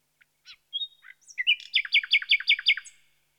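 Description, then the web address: Common nightingale song: scattered soft notes, a short whistle, then a loud series of evenly repeated chopped notes before fading. "The BBC Sound Effects Library. Nightingale"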